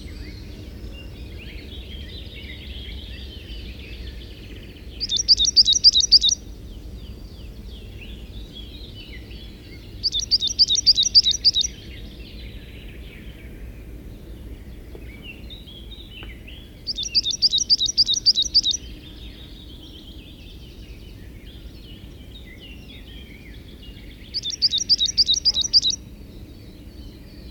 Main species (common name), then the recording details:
Coal Tit. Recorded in the wild. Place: Ventschow, Mecklenburg-Vorpommern, DE. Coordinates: 53.786, 11.576. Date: 1972-06-14 04:50. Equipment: Nagra III BH, Sennheiser MD 21, parabola. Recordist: Schubert, Michael